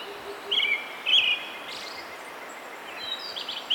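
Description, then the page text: Brown-headed thrush singing two quick warbled phrases close together, then softer high thin notes after a pause, with faint low pulsed notes early on. "Desmond Allen - Золотистый дрозд (Turdus chrysolaus)"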